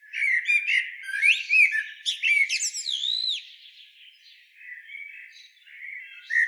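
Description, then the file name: Eurasian blackbird with a loud run of swooping, whistled and twittering notes, then a softer, lower warble. "Turdus merula"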